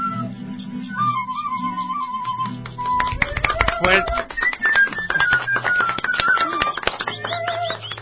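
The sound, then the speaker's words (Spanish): A melodic tune plays, then a burst of dense, rapid clapping breaks out around midway and carries on over the music to the end, loud and steady. “Fuertes esos aplausos y bueno, excelentes chicos”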